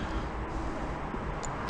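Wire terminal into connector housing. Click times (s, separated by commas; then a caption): 1.4 s. A crimped wire terminal, blue with a yellow tracer, is slid into pin cavity three of a four-pin plastic connector housing to check whether it locks or needs a new end soldered on. Over a steady broadband rumble, a short, sharp click sounds at 1.4 s. The terminal is seated and locked, and a light tug shows it stays put.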